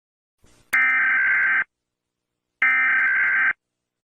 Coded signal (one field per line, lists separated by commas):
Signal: Emergency Alert System (SAME) tones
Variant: header bursts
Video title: eas alarm part 2